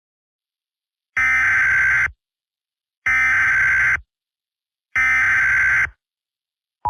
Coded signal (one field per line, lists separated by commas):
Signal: Emergency Alert System (SAME) tones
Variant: header bursts